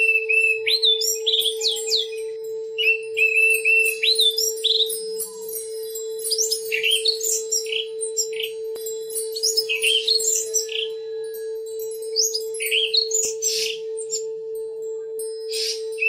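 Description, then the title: Oriental magpie-robin singing a long varied stream of whistles, quick slurred notes and buzzy fragments, with brief pauses and a constant low electrical hum. "Kicau Kacer"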